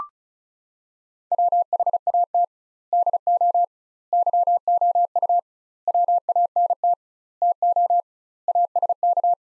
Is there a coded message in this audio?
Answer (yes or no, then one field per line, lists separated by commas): yes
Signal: Morse code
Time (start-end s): 1.3-9.3 s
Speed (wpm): 36 wpm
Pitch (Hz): 700 Hz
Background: none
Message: WHAT DO YOU WANT TO ASK